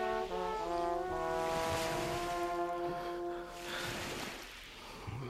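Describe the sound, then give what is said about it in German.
Continuous wash of sea waves and surf, with a steady, horn-like tonal drone layered over the rushing noise; no one speaks, and the roar eases briefly before swelling again. “Das Meer habe ich mir anders vorgestellt.”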